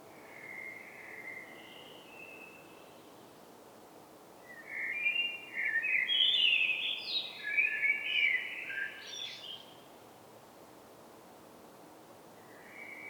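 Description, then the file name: Common blackbird singing: a faint fluted phrase, then a louder mellow warble rising into squeaky high twitters, over steady background hiss. "Turdus merula"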